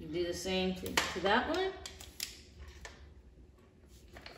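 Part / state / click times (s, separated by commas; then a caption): tripod leg flip lock on a leg section / seated / 2.2 s. Someone talks while sliding the flip lock on a second leg section of a budget tripod up to lock the extended leg. The lock snaps closed with a sharp click at 2.2 s, followed by a few fainter taps, and the leg is locked in place.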